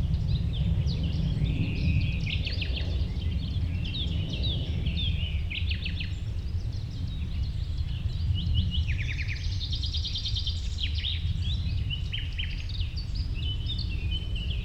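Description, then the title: Common Nightingale song: bright whistles, sharp chirps and several fast repeated-note trills, while other birds call and a low steady rumble persists. Nightingale singing with other birds along a promenade in Westlicher Düppeler Forst, Germany. "nachtigall und andere voegel. Westlicher Düppeler Forst, Germany"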